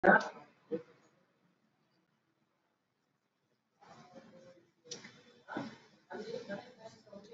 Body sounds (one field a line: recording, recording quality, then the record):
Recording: shallow breathing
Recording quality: moderate, slight background noise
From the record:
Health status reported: exposed to COVID-19, no respiratory illness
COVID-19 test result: not tested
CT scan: not taken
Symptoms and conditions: none ticked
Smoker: no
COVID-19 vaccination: both doses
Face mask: worn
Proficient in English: yes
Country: India